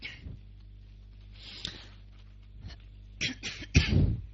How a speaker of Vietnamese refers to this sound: Mấy hôm nay đó là bị ho cảm nhưng mà cố gắng dậy, thành ra là không có nói lớn được ha, quý vị thông cảm cho.